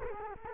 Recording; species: mosquito wingbeat signal from an infrared sensor; Culex quinquefasciatus